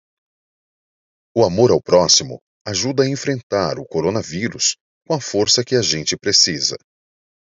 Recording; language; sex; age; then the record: spoken sentence; Brazilian Portuguese; male; 30 to 39 years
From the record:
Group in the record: control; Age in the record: 31 years